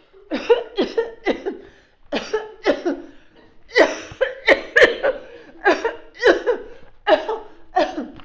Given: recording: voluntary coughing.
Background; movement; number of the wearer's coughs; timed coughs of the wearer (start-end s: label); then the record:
a bystander coughing; walking; 12
0.16-0.68 s: cough
0.76-1.14 s: cough
1.24-1.56 s: cough
2.13-2.48 s: cough
2.64-3.02 s: cough
3.74-4.41 s: cough
4.45-4.81 s: cough
4.81-5.18 s: cough
5.63-5.92 s: cough
6.21-6.82 s: cough
7.05-7.42 s: cough
7.74-8.08 s: cough
From the record:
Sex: female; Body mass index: 21.8 kg/m2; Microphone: on the chest, facing outward